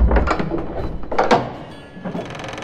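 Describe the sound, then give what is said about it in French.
An office door opens with a low thud and clattering mechanical rattles, followed by a sharper clack of the latch and a softer knock near the end, with no voices. “Voilà, j'y suis, c'est cette porte.”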